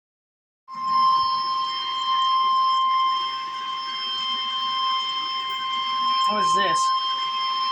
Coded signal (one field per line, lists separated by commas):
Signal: Emergency Alert System (SAME) tones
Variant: 1050 Hz attention tone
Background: speech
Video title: flood warning WNG706 EAS #81